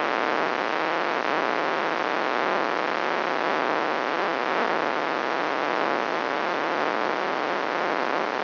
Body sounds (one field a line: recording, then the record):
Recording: brain microelectrode recording played as sound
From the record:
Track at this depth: inside the subthalamic nucleus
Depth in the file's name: 4.265 mm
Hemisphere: left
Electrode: 2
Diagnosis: Parkinson's disease